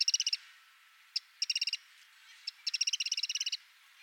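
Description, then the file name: Eurasian wren calling in harsh, rapid ticking rattles: a short burst, a single tick, another short run, another single tick, then a longer rattle. "Troglodytes troglodytes"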